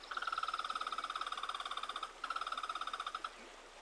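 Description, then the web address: Red squirrel chatter: two fast, buzzy pulsed trills, the first about two seconds long and the second about one second, separated by a brief pause. "Solitudes Nature Trails. Red Squirrel"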